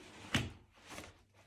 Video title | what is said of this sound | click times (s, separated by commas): Graco Corded Airless Sprayer - Unboxing & Quick Try | It's locked in. Voila. | 0.3 s